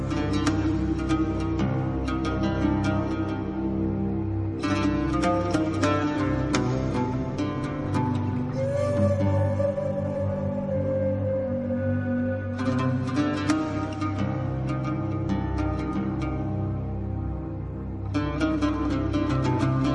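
Loud, dense film score music from the film El Pacto de los Lobos plays steadily on the radio show Voces del Misterio with no voices, sustained low harmonies underneath and bursts of sharp percussive hits returning every few seconds.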